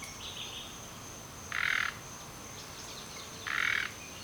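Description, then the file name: Common nightingale giving two short, harsh, rasping croaks about two seconds apart, with faint thin whistles between them and a steady high whine throughout. "Luscinia megarhynchos"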